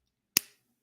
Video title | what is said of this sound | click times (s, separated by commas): Can you buy the latest Phones in Russia in 2022 - LIVE STREAM and Chat | if you can hear that snap. So basically your phone locks in there. | 0.4 s